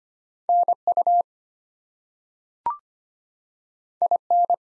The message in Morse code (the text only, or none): NU IN